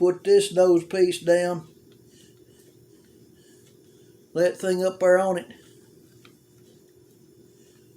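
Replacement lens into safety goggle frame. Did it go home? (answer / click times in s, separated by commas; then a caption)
no / none. Someone talks while positioning a replacement plastic lens on a safety goggle frame, lining it up before its corner is worked in and snapped home. Between the bursts of speech there are only quiet handling sounds with a couple of faint brief ticks around 1.9 and 6.3 seconds. The lens has not clicked or seated yet.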